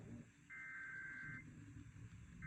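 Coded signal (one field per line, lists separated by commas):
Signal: Emergency Alert System (SAME) tones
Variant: header bursts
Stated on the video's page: Nationwide EAS test aired on an FM station at 105.7.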